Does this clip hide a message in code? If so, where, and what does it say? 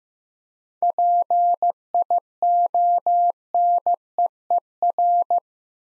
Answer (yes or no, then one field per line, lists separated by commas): yes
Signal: Morse code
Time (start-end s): 0.8-5.4 s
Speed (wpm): 15 wpm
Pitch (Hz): 700 Hz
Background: none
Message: PIONEER